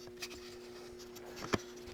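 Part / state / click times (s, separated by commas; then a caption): wooden Celtic weave circle piece into miniature wooden cross / seated / 1.5 s. A CNC-cut wooden Celtic weave circle piece is pressed into its marked position on a miniature wooden cross. After a faint scrape at 0.2 s, the piece snaps into place with a sharp, short click at 1.5 s over a steady low hum.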